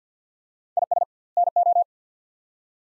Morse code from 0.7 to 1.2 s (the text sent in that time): IS